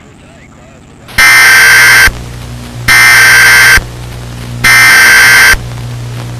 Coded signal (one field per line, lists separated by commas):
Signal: Emergency Alert System (SAME) tones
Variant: header bursts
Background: speech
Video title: World War Z | A Zombiepocalypse EAS Scenario